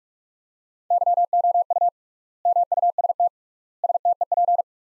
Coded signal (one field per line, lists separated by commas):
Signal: Morse code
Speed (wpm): 47 wpm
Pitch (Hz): 700 Hz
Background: none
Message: YOU MUST STEP